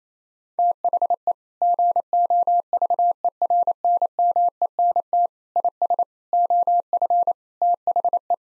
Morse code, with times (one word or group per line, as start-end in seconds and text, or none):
0.6-1.3 THE
1.6-5.3 GOVERNMENT
5.6-6.0 IS
6.3-7.3 OF
7.6-8.3 THE